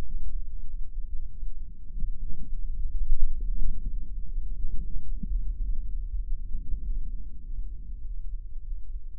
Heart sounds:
heart sounds by microphone in the left ear; 98 bpm
0.08 s: heartbeat
0.69 s: heartbeat
1.30 s: heartbeat
1.92 s: heartbeat
2.55 s: heartbeat
3.19 s: heartbeat
3.82 s: heartbeat
4.44 s: heartbeat
5.05 s: heartbeat
5.65 s: heartbeat
6.25 s: heartbeat
6.85 s: heartbeat
7.46 s: heartbeat
8.07 s: heartbeat
8.67 s: heartbeat
From the record:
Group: healthy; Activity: rest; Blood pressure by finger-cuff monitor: 151/87 mmHg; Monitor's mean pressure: 104 mmHg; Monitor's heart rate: 98 bpm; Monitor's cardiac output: 7.9 L/min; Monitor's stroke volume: 80 mL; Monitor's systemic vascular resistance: 980 dyn s/cm5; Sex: male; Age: 21 years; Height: 175 cm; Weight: 72.6 kg

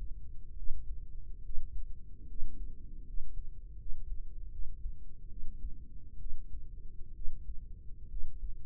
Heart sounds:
heart sounds by microphone in the right ear; 72 bpm
0.54 s: heartbeat
1.41 s: heartbeat
2.26 s: heartbeat
3.04 s: heartbeat
3.76 s: heartbeat
4.49 s: heartbeat
5.27 s: heartbeat
6.17 s: heartbeat
7.12 s: heartbeat
8.07 s: heartbeat
From the record:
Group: healthy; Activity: rest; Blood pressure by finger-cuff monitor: 114/56 mmHg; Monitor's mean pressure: 71 mmHg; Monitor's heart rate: 69 bpm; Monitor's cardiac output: 6 L/min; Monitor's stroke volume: 85 mL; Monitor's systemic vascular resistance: 810 dyn s/cm5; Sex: female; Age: 32 years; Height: 168 cm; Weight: 61.9 kg

